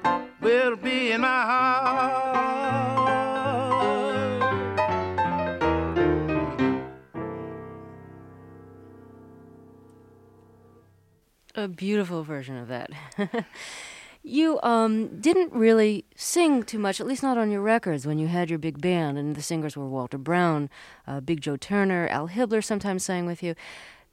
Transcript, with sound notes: will be in my heart.
A beautiful version of that (laughter). You didn't really sing too much, at least not on your records when you had your big band and the singers were Walter Brown, Big Joe Turner. Al Hibbler sometimes sang with you.